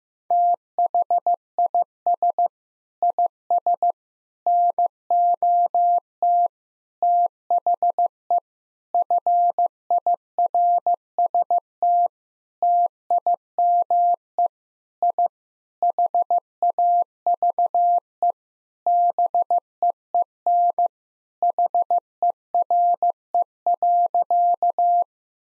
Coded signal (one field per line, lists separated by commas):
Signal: Morse code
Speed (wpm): 15 wpm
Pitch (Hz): 700 Hz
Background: none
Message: THIS IS NOT THE FIRST TIME I HAVE BEEN HERE.